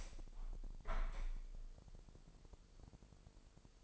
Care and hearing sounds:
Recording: daily activity, microphone in the room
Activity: open window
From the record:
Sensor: 5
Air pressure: 1000.0 hPa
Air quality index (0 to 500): 245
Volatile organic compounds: 33 ppm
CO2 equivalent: 3017 ppm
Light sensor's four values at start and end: 34/80/32/31 and 34/80/32/31

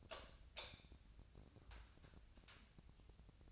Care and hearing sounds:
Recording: daily activity, microphone in the room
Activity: light on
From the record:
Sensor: 2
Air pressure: 999.8 hPa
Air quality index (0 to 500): 116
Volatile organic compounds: 2 ppm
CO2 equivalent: 1004 ppm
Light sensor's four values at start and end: 39/97/42/47 and 44/114/48/53

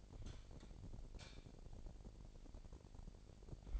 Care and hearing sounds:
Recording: daily activity, microphone in the room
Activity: light on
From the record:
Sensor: 5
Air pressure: 1012.0 hPa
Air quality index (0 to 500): 247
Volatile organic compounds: 4 ppm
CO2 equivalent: 1679 ppm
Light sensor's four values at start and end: 38/89/37/39 and 40/94/39/41

